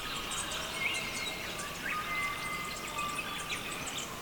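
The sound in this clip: Birds whistle long steady notes and brief chirps within a dense chorus, over a steady background hiss.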